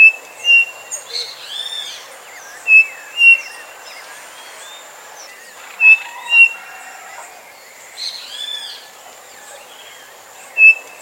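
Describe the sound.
Bird calls: short sharp notes in pairs every few seconds, mixed with arched high warbled phrases and a steady thin whistle over soft hiss.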